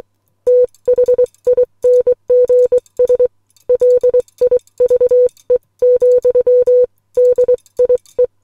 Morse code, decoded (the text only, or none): THINGS LIVE, DIE